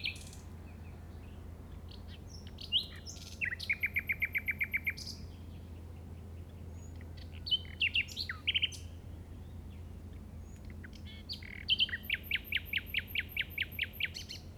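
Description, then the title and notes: Common nightingale song in three phrases, two with a long fast even trill of repeated notes, amid varied chirps over a low hum. Recorded in the Llobregat Delta at 06:00 on 8 May 2015 with a Zoom recorder. "Grabación de ruiseñor común (Luscinia megarhynchos) en el Delta del Llobregat a las 06:00 del 08/05/2015."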